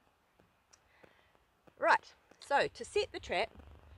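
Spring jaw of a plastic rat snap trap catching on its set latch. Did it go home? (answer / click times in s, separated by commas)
no / none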